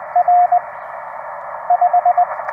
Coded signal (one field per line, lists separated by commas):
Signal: Morse code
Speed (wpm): 21 wpm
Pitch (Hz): 710 Hz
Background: radio noise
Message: R 5